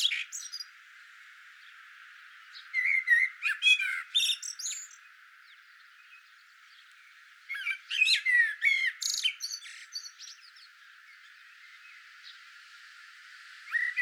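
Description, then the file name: Eurasian blackbird delivering two main jumbled phrases of chirpy whistles and high squeaky twitters, with quiet gaps and steady background hiss. "Turdus merula"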